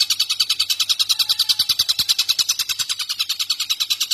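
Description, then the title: Streaked spiderhunter singing a rapid, regular trill of high, ringing notes that keeps going without pause, over a faint low hum. Long, clear, vigorously delivered song, used as a tutor recording for training birds. "Pijantung Gunung Gacor Jernih Panjang"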